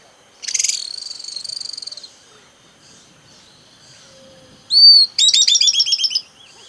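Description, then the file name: Bird calls: a high buzzy trilled note lasting over a second, then after a pause a sharp upslurred whistle and a fast stuttering series of high chirps. "SABIOD bird"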